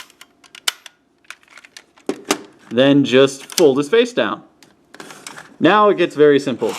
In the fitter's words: to the bottom and just slide the feet forward until they click then